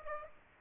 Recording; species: mosquito wingbeat signal from an infrared sensor; Aedes aegypti